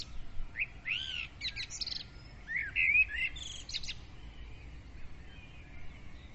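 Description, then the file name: Birds singing, a mix of high whistled phrases, rising slurs and short chirps in bursts, with a steady faint hiss behind. Several birds singing at dawn; recorded with a Zoom recorder. "Madarak hajnali dicsérete"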